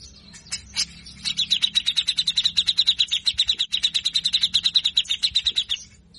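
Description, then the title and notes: Grey-cheeked bulbul song: a few sharp high notes, then a long, fast, rattling run of harsh repeated notes for about four and a half seconds. Bird singing actively (gacor) in a full rough rattling style (besetan kasar) with 'ngepik' notes. "MASTERAN CUCAK JENGGOT GACOR FULL BESETAN KASAR. Masteran cucak Jenggot gacor Mbeset Ngepik. Burung cucak jenggot"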